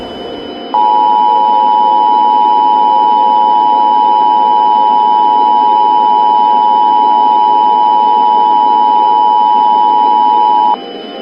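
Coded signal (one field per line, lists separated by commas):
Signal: Emergency Alert System (SAME) tones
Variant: 853 and 960 Hz attention tone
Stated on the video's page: Fictional analog horror scenario with valid EAS tones, made with software including eSpeak.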